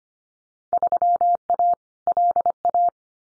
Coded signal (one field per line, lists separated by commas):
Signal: Morse code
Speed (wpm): 25 wpm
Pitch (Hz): 700 Hz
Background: none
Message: 3A LA